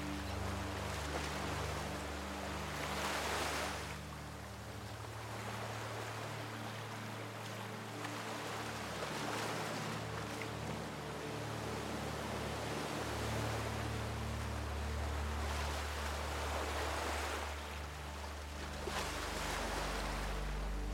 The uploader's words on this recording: Sound of the OCEAN and Soothing MELODY for RELAXATION.